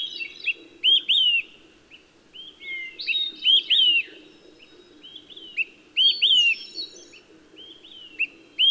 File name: Olive-sided Flycatcher